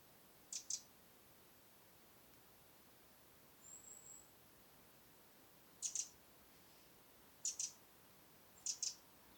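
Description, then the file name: Eurasian wren giving sharp, high double ticks, repeated several times at uneven intervals over a quiet background. "Troglodytes troglodytes"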